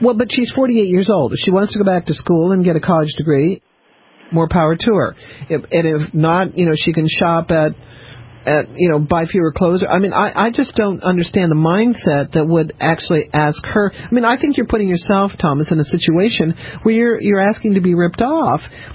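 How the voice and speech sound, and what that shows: One adult speaks fluently at a brisk conversational pace with clear, steady voicing, in a radio-style monologue: ordinary normal speech.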